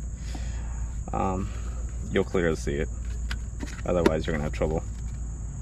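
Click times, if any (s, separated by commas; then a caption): none. Someone talks while handling the plastic dust cup of a Chemical Guys corded handheld DetailVac vacuum cleaner, about to push it back onto the handheld vacuum body, over a steady high-pitched hiss and low hum, with one brief sharp tick near 3.3 s. The dust cup has not yet seated or clicked home.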